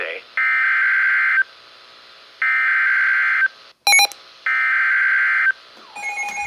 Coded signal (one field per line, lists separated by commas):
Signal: Emergency Alert System (SAME) tones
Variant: header bursts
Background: speech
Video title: 4/21/21 - Severe Thunderstorm Warning for Western NJ (EAS #1,831)